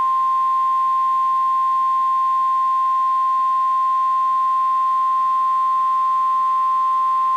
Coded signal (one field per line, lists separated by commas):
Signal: Emergency Alert System (SAME) tones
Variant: 1050 Hz attention tone